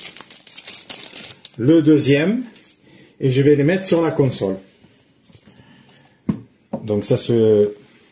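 Someone talks while handling a plastic Joy-Con controller next to a Nintendo Switch OLED handheld console, getting it ready to slide down the console's side rail. Light tapping and handling clicks come in the first second and a half, with a single sharp tap near 6.3 s. Nothing has seated or clicked into the rail yet.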